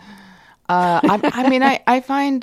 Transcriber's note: laughter